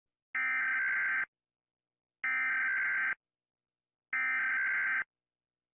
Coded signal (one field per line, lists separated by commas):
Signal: Emergency Alert System (SAME) tones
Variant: header bursts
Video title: Rating eas alarm(Waring turn down your voulume)